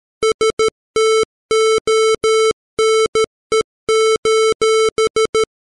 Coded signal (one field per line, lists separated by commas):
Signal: Morse code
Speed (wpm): 13 wpm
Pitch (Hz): 440 Hz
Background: none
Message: STONE:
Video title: The Rime Of The Ancient Mariner, Part 2, Morse Code